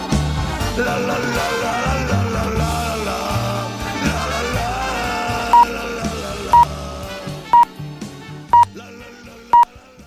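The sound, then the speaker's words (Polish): Music plays and fades as five short, steady beeps of the same mid-high pitch ring out one second apart, a practice radio time signal for 4:30 on Polish Radio's Program Three (Trójka), over the dying tune. “Spokojnie, to tylko ćwiczebny sygnał czasu.”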